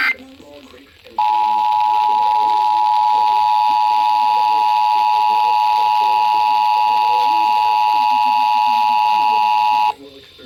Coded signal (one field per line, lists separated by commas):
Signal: Emergency Alert System (SAME) tones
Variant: 853 and 960 Hz attention tone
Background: speech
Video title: Mid-July fun. | EAS Alerts from 7/11-15/25 | EAS#2,462-2,500